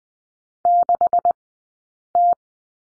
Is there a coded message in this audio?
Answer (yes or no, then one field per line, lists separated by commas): yes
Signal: Morse code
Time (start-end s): 0.7-2.3 s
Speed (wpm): 20 wpm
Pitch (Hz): 700 Hz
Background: none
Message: 6T